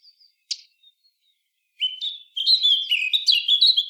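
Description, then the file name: Eurasian blackcap: a few soft notes and a sharp click, then louder notes leading into a loud, fluty, varied warble. "Sylvia atricapilla"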